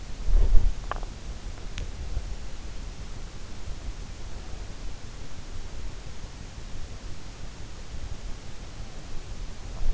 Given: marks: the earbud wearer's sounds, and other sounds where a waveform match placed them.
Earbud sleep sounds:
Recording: sounds in sleep by an in-ear microphone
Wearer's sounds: body movement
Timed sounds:
0.00-1.84 s: body movement

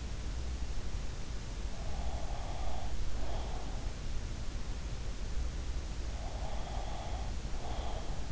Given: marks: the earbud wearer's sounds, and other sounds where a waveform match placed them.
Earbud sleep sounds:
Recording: sounds in sleep by an in-ear microphone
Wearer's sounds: breath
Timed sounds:
1.73-3.87 s: breath
6.19-8.32 s: breath

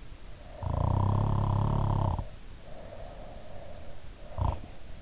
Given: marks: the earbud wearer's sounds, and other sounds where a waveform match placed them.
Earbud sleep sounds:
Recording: sounds in sleep by an in-ear microphone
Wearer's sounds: snoring breath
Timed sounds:
0.66-3.81 s: snoring breath
4.27-4.89 s: snoring breath

